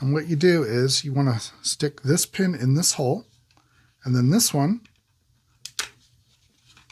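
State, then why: Seated. Someone talks while fitting a plastic rear glass part onto the tailgate of a scale model James Bond Lotus Esprit "Wet Nellie," angled side toward the inside, pushing a pin into a hole. After a short pause, a sharp snap is heard at 5.8 s as the part is pressed into position and seats in place.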